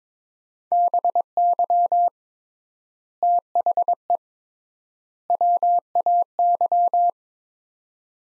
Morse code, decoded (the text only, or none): BY THE WAY